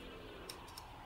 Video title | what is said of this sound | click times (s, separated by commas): Cambo CS-150 Perpendicular | the clicks once clicks into place | 0.5 s, 0.8 s